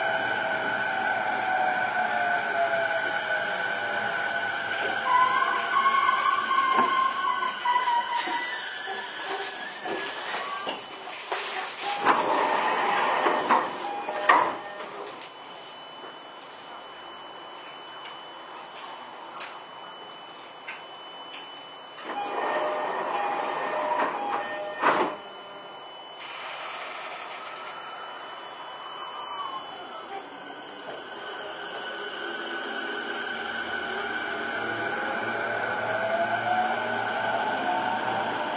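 A Toei 10-300 series train hums and whines steadily, pitches sliding up and down, with bursts of rattling around 12-15 and 22-27 seconds.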